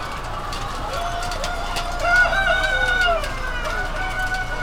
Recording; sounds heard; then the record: poultry house recording; healthy chickens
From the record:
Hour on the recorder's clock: 20